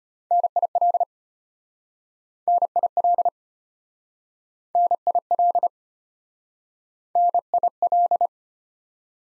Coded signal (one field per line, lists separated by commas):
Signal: Morse code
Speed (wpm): 34 wpm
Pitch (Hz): 700 Hz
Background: none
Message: NIL NIL NIL NIL